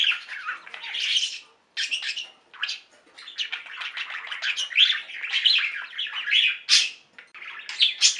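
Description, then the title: Budgerigar chatter: continuous warbling, scratchy twittering with squeaky notes and short chirps, pausing briefly, then resuming in busy rambling phrases. "Budgie Sounds"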